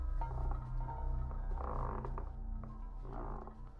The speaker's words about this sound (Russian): Скрипят полы и плачет прялка.